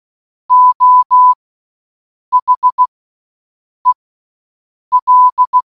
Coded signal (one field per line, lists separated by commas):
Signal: Morse code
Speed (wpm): 16 wpm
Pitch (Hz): 1000 Hz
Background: none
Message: O H E L